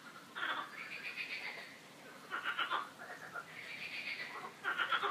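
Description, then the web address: Frogs giving buzzy pulsed croaks in several bursts, some longer and drawn out, others short and rattling. Several frogs croaking, described as quacking, in a park. "coincoin des grenouilles dans le parc"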